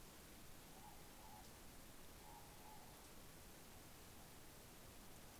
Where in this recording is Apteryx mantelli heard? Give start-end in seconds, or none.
none